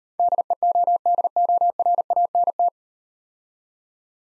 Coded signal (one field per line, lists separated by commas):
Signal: Morse code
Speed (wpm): 37 wpm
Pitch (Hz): 700 Hz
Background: none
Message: DEODORANT